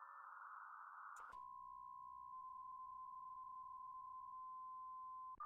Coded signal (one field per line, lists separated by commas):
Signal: PSK63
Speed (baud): 62.5 baud